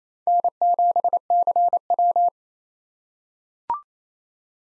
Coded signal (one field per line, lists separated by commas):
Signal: Morse code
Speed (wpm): 27 wpm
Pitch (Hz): 700 Hz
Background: none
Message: N7CW